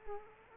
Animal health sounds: mosquito wingbeat signal from an infrared sensor; Culex quinquefasciatus

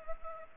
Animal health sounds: mosquito wingbeat signal from an infrared sensor; Culex pipiens

